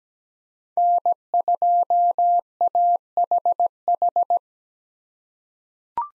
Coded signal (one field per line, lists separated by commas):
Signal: Morse code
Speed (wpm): 17 wpm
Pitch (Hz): 700 Hz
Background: none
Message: N2AHH